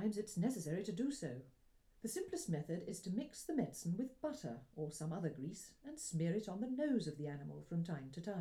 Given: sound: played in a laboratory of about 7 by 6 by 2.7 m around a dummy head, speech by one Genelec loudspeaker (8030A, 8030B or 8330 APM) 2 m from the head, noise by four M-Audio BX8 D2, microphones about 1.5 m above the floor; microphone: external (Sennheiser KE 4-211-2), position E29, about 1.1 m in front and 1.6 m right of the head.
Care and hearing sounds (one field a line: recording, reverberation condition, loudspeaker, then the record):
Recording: female speech in English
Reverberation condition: low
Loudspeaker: 30 degrees to the right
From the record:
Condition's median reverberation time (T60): about 310 ms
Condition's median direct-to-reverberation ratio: about 3.5 dB